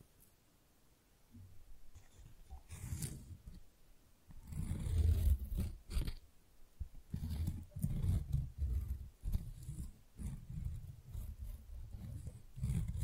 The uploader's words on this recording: ASMR Most Beautiful Tingly Flower Sounds (No Talking).